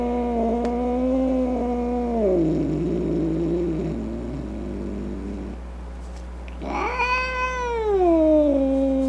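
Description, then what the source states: Cat yowling in a long moaning wail that sinks into a low growl, then a fresh rising, falling yowl. Angry cat.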